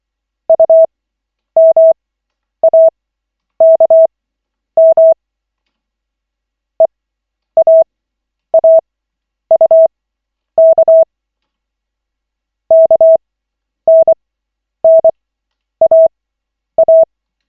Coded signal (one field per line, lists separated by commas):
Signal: Morse code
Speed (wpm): 24 wpm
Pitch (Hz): 650 Hz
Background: none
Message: UMAKM EAAUK KNNAA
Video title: Koch 7/40, 03.01.2025, 1st CW practice session